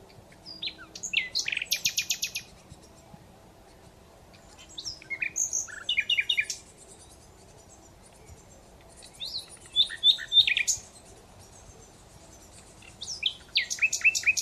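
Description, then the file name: Common Nightingale with four separate song phrases split by pauses, each a mix of sharp chirps, swooping notes and rapid rattling trills. "Luscinia megarhynchos"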